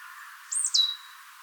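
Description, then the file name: Marsh tit call: one high, sharp, two-part note that slurs downward, heard once over a soft hiss. "Poecile palustris"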